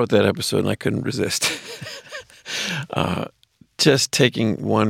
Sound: laughter

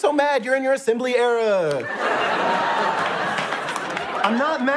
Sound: laughter

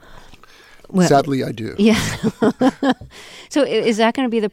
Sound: soundbite of laughter

